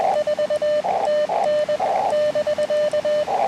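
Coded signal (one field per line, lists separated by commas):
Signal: Morse code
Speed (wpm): 20 wpm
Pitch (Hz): 590 Hz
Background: radio noise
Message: 4 TN <BK>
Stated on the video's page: CW POTA activation of a new park on Puerto Rico's north coast, using an Elecraft KX2 and Sidewinder antenna.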